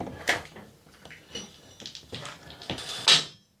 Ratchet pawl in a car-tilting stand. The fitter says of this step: That was the first click. Nice. That works.